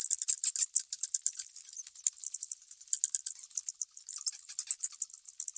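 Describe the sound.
Bats making fast, high-pitched squeaking chatter with ticking clicks, steady bursts with brief pauses.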